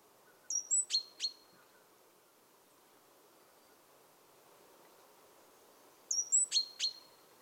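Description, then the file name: Great tit calls: two short bursts several seconds apart, each of thin high whistles and sharp ringing notes, over a faint steady background hiss. "Parus major"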